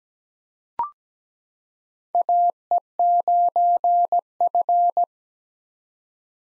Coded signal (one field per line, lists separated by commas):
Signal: Morse code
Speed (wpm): 17 wpm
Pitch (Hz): 700 Hz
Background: none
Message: AE9F